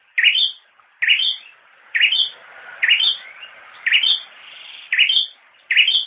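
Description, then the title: Bird chirping, a repeated two-part note rising to a high whistle, about once per second, with faint background hiss between calls. "kikicau"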